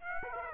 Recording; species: mosquito wingbeat signal from an infrared sensor; Aedes aegypti